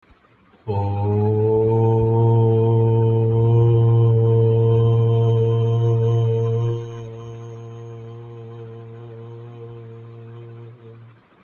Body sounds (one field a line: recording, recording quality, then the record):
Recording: sustained vowel as in boot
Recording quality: excellent, no background noise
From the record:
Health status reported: healthy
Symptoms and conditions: none ticked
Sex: male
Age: 31 years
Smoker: not ticked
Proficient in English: yes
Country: India